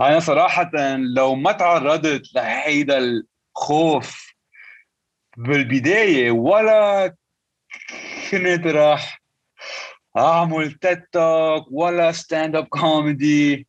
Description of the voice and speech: A lifelong stutterer. After avoiding speaking almost entirely for more than 25 years due to a debilitating stutter.